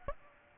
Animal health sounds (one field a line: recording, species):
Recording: mosquito wingbeat signal from an infrared sensor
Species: Aedes aegypti